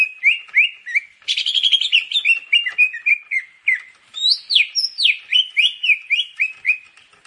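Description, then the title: Grey-cheeked bulbul song: fast chattering run of chirps and short slurred whistles, with higher notes in the second half, no other sounds. "Kicau Burung Cucak Jenggot"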